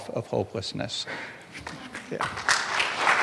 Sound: applause and cheering